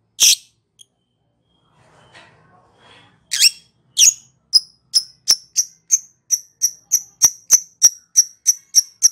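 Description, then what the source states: Lovebird giving a harsh squawk, a pause with faint chatter, then a long run of sharp high chirps repeated steadily to the end. Song style called ngekek.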